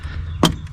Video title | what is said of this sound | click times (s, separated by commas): 2013-2019 Nissan Sentra 1.8L Alternator Replacement | hear a nice snap | 0.5 s